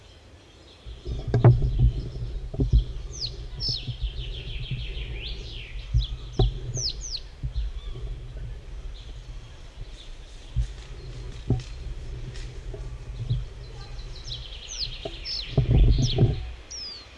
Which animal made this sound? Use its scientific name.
Emberiza schoeniclus